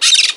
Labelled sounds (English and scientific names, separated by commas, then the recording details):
Brown-throated Parakeet (Eupsittula pertinax) contact call
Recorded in Margarita
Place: San Francisco, near stadium
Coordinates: 11.018, -64.294